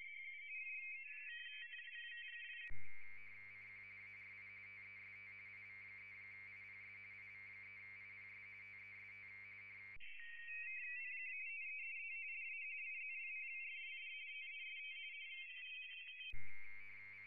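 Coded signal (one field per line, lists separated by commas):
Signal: RTTY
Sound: several overlapping warbling two-tone teletype signals, interrupted by a long loud buzzy tone stretch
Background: radio static, buzzing hum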